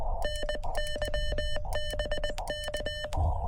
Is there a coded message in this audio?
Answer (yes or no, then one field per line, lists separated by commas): yes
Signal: Morse code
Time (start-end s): 0.2-3.0 s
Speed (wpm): 19 wpm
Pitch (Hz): 3000 Hz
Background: none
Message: NYBK